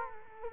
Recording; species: mosquito wingbeat signal from an infrared sensor; Culex quinquefasciatus